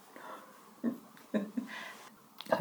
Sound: chuckles